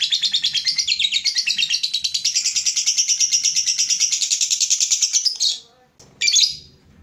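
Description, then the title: Lovebird song, a long rapid chatter of high twittering notes lasting about five seconds, then a pause and one short shrill burst. Lovebird whose singing style is described as very clever at baiting, prompting other birds to sing. "Dari Gayanya Lovebird Ini Terlihat Pintar Sekali Memancing"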